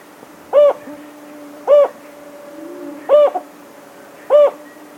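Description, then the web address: Jocotoco antpitta song: short, low hooted notes with a slight arch, four given at intervals of roughly one to one and a half seconds, over a faint steady hum. Recorded in South America. "Natures Songs S America Jocotoco Antpitta"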